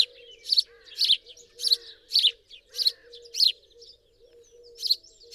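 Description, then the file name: House sparrow chirping in bursts of rasping notes with fainter chirps between them, a pause near the end, and a low hum beneath. "Passer domesticus"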